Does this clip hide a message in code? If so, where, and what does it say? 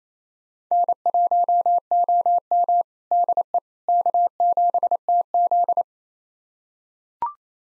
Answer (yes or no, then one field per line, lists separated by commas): yes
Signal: Morse code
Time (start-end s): 0.7-5.8 s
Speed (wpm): 27 wpm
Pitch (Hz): 700 Hz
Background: none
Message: N1OM DE K7TZ